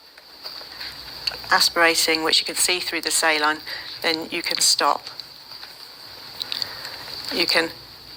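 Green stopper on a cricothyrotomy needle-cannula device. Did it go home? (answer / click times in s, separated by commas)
no / none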